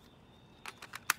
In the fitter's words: Once you hear it click, that's how you know it's in correctly.